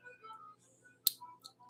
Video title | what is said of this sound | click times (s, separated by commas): LIVE🎉JEWELRY AUCTION FRIDAY 8/7 @6:00pm EST 💖✨STERLING, GEMS, VINTAGE COSTUME!💖✨ #livejewelrysale | Very satisfying snap in there. | 1.1 s